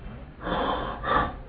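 Adult imitating by mouth the normal vesicular breath sounds heard over a normal area of the chest: a longer, soft, breathy inspiration-like sound followed by a shorter breathy sound.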